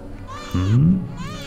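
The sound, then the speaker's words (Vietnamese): A child's cry rings out in one loud, wavering wail that rises and then slides down in pitch, with softer whimpering tones before and after it. “Bỗng nhiên một chàng tiếng trẻ con khóc vang lên,”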